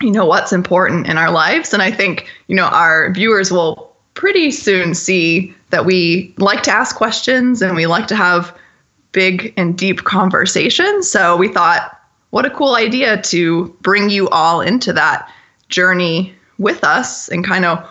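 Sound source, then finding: Adult. No disorder.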